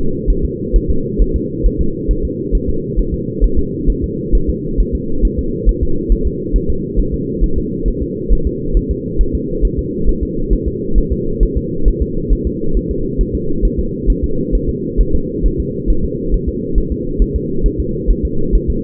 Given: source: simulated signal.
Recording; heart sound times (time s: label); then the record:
fetal heart sounds
0.30 s: S1
0.45 s: S2
0.76 s: S1
0.90 s: S2
1.22 s: S1
1.36 s: S2
1.66 s: S1
1.81 s: S2
2.11 s: S1
2.25 s: S2
2.55 s: S1
2.69 s: S2
2.99 s: S1
3.14 s: S2
3.44 s: S1
3.59 s: S2
3.90 s: S1
4.04 s: S2
4.35 s: S1
4.50 s: S2
4.80 s: S1
4.95 s: S2
5.25 s: S1
5.39 s: S2
5.69 s: S1
5.83 s: S2
6.12 s: S1
6.27 s: S2
6.56 s: S1
6.70 s: S2
6.99 s: S1
7.14 s: S2
7.44 s: S1
7.58 s: S2
7.88 s: S1
8.02 s: S2
8.32 s: S1
8.47 s: S2
8.77 s: S1
8.91 s: S2
9.21 s: S1
9.35 s: S2
9.65 s: S1
9.79 s: S2
10.09 s: S1
10.23 s: S2
10.53 s: S1
10.68 s: S2
10.98 s: S1
11.12 s: S2
11.43 s: S1
11.57 s: S2
11.88 s: S1
12.02 s: S2
12.33 s: S1
12.47 s: S2
12.77 s: S1
12.91 s: S2
13.21 s: S1
13.35 s: S2
13.65 s: S1
13.79 s: S2
14.10 s: S1
14.24 s: S2
14.55 s: S1
14.69 s: S2
15.00 s: S1
15.15 s: S2
15.46 s: S1
15.60 s: S2
15.90 s: S1
16.05 s: S2
16.34 s: S1
16.49 s: S2
16.78 s: S1
16.92 s: S2
17.22 s: S1
17.36 s: S2
17.66 s: S1
17.80 s: S2
18.10 s: S1
18.25 s: S2
18.55 s: S1
18.70 s: S2
From the record:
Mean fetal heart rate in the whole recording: 135 bpm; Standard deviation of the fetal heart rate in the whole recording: 3 bpm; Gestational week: 36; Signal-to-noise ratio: -8.1 dB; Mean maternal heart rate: 72 bpm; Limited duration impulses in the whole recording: absent